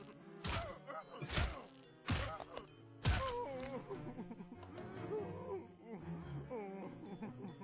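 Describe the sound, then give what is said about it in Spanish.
In an animation, a deer with its leg trapped by a log cries out in distress, giving wavering, high-pitched bleats over and over, while four heavy thuds land in the first few seconds as it struggles. “Pues para los que nos escuchan, tenemos un venado que está atrapado con un tronco y tiene atrapado la pierna”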